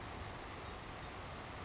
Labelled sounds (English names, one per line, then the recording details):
Savannah Sparrow
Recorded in Sonoma County, California